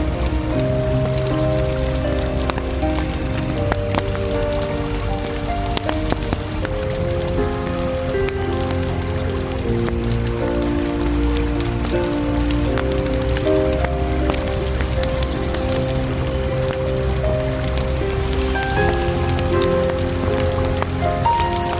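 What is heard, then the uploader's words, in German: A campfire by the river crackles and pops constantly, a dense spatter of small snaps for the whole clip. Underneath, low steady tones shift in pitch every second or two, like music playing, while the overall level stays even throughout. Isarauen bei München. Aufnahme von der Isar mit einem gemütlichen Lagerfeuer.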